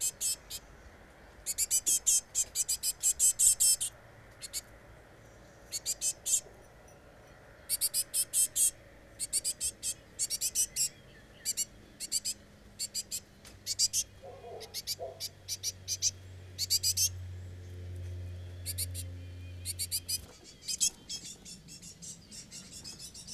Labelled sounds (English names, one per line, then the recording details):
Great Tit call
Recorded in the wild
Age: juvenile
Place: Kaiserslautern, Rheinland-Pfalz, DE
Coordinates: 49.4247, 7.77889
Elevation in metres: 279
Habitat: garden
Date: 1982-06-10
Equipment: Uher 4000 Report, Brühler-Mikrophon, Parabolreflektor
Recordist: Tretzel, Erwin